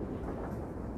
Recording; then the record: background sound without coughing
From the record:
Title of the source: Train Ride Ambience ambient white noise for sleeping, focus, studying, reading